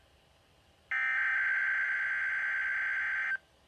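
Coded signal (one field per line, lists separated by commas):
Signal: Emergency Alert System (SAME) tones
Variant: header bursts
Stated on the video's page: Required weekly test from NOAA Weather Radio station KIH35.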